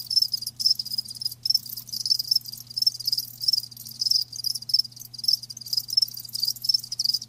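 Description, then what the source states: Crickets chirping loudly in bright, high pulses, a busy chorus with rhythmic bursts and short gaps, low hum faintly beneath. Live crickets chirping, a lulling song.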